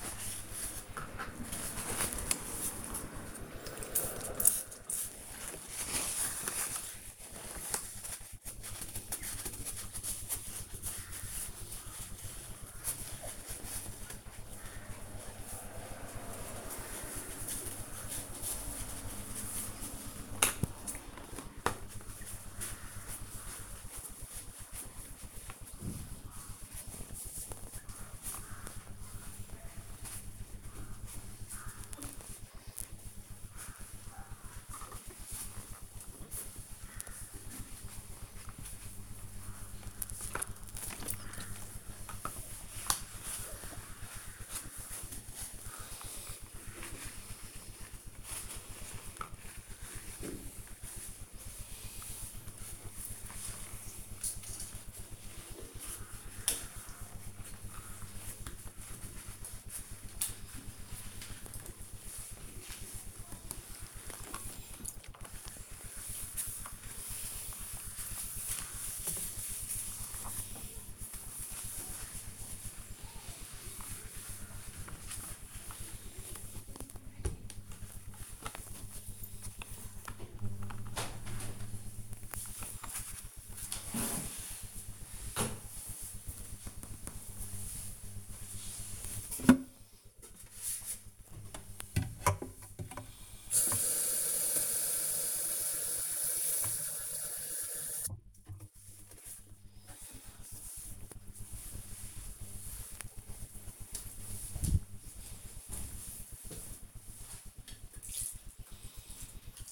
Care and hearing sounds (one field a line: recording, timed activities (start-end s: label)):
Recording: household activities, microphone on the right wrist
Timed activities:
0.00-80.59 s: window cleaning
90.65-109.72 s: watering plant